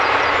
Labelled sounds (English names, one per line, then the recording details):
Yellowhammer song
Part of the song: start
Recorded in the Czech Republic on 27 June 2014
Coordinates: 49.859, 13.827
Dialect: XlB
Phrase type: I4
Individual h007